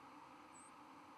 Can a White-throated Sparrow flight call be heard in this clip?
no